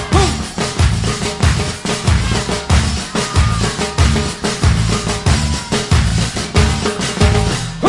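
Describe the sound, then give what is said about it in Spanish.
A live cumbia band lays down its base rhythm, a loud, full groove driven by steady, evenly spaced bass and percussion pulses, with no voices over it. “La base en vivo suena así: palmas arriba y las palmas arriba, palmas de todo bien arriba.”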